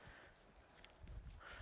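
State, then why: Seated. A standard J1772-style charging plug is pushed into the smaller charge port of a 2011 Nissan Leaf and latches with a sharp click at 0.8 s, followed by a fainter knock at 1.1 s. The plug is seated, and the click and beeping mean the car is charging.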